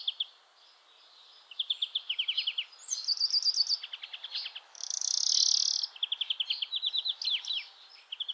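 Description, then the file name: European greenfinch song: bursts of rapid trills and chirps throughout, broken by a long buzzy wheeze around the middle, with trills running on afterward. "Chloris chloris"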